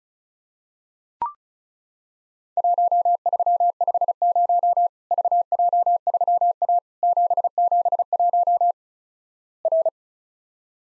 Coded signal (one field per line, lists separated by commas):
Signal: Morse code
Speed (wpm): 36 wpm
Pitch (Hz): 700 Hz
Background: none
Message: 1350 VJ3A 771 R